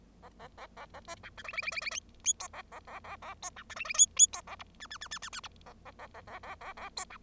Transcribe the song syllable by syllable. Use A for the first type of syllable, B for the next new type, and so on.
A A A A A B C D E E E E E F G A A A A A G C D E E F F G A H I I I I I I H A A A A A A A A G C